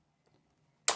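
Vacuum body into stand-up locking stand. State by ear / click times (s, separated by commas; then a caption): seated / 0.9 s. A Trucozie upgraded 60 kPa cordless vacuum cleaner body is pushed onto its plastic stand-up locking stand. After near silence with a few faint ticks, a single sharp click at 0.9 s marks the body locking into place.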